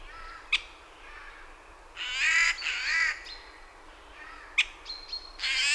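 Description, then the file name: Eurasian jay giving a pair of loud rasping screeches, with sharp clicks and thin high whistled notes before and after, another screech starting at the end. "Garrulus glandarius"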